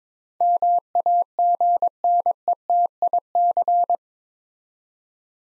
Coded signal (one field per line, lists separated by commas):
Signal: Morse code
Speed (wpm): 22 wpm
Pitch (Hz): 700 Hz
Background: none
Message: MAGNETIC